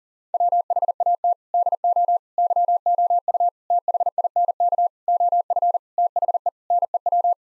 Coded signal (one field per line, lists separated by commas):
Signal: Morse code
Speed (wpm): 40 wpm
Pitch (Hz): 700 Hz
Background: none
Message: WHAT DO YOU THINK OF THE NEW